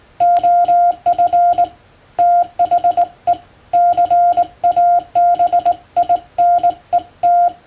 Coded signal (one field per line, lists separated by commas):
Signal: Morse code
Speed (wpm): 20 wpm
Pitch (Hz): 700 Hz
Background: none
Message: OF THE CABINET